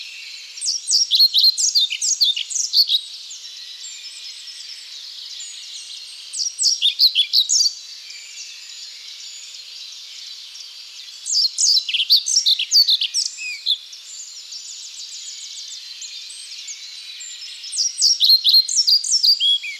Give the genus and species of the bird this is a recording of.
Ficedula hypoleuca